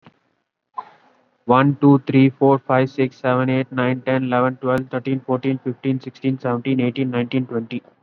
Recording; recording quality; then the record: counting at a normal pace; excellent, no background noise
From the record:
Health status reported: COVID-19 positive, mild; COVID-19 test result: positive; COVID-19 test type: RT-PCR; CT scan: taken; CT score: 9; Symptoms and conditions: cough, cold, sore throat, fever, fatigue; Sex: male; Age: 35 years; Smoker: no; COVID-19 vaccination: one dose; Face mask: worn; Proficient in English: yes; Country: India